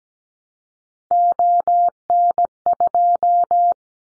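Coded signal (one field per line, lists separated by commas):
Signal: Morse code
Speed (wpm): 17 wpm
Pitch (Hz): 700 Hz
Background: none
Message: ON2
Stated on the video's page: Morse drill of callsign prefixes for the top 25 DXCC entities at 17 wpm, each sent, spoken, then sent again.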